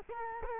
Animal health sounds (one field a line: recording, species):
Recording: mosquito wingbeat signal from an infrared sensor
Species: Culex quinquefasciatus